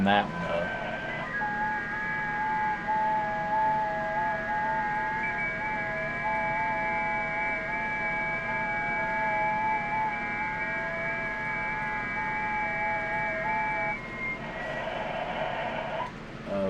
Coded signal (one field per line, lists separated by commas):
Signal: FT8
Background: speech